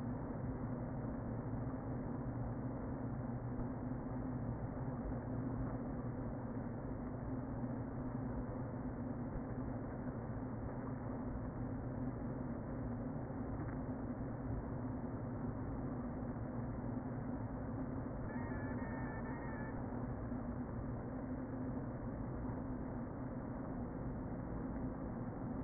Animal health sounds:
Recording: honeybee colony, microphone inside the hive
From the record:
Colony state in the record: queen present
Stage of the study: before two queens were removed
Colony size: about 60,000 bees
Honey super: yes

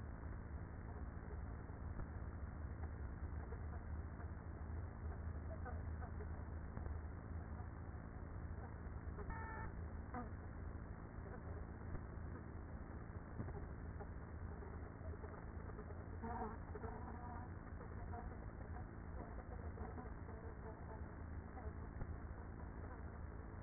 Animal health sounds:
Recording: honeybee colony, microphone inside the hive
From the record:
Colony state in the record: queenless with a low population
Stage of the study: after two queens were removed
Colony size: about 30,000 bees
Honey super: no

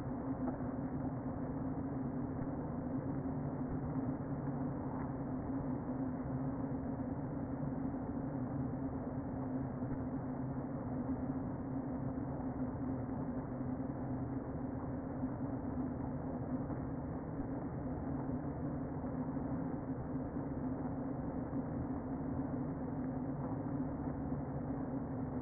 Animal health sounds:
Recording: honeybee colony, microphone inside the hive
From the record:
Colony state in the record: queen present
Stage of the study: before two queens were removed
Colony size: about 60,000 bees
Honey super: yes

